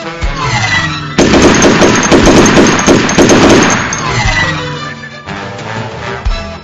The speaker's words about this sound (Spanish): ¡Vienen del norte! ¡Vienen tirando balazos! ¡Agáchense!